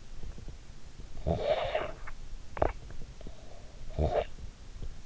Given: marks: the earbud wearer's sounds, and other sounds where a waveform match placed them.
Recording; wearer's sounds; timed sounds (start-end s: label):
sounds in sleep by an in-ear microphone; snoring breath
1.04-4.61 s: snoring breath